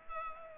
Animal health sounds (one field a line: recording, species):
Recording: mosquito wingbeat signal from an infrared sensor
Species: Culex pipiens